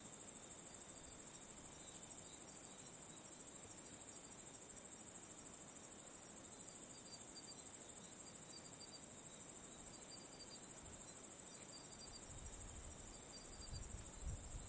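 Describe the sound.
Cricket chorus, an unbroken shrill high-pitched trill with scattered faint pulsed chirps and a soft low rumble near the end.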